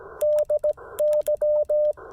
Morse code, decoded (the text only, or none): DY